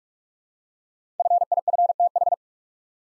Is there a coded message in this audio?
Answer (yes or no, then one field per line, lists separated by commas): yes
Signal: Morse code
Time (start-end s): 1.2-2.3 s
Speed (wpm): 44 wpm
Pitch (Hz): 700 Hz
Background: none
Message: FIFTH